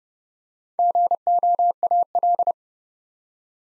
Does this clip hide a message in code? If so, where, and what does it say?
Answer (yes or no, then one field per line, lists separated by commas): yes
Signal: Morse code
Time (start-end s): 0.8-2.5 s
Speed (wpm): 30 wpm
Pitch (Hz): 700 Hz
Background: none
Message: GOAL